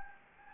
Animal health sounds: mosquito wingbeat signal from an infrared sensor; Anopheles gambiae

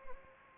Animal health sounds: mosquito wingbeat signal from an infrared sensor; Anopheles arabiensis

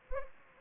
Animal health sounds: mosquito wingbeat signal from an infrared sensor; Anopheles arabiensis

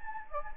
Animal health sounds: mosquito wingbeat signal from an infrared sensor; Anopheles gambiae

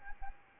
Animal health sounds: mosquito wingbeat signal from an infrared sensor; Anopheles arabiensis

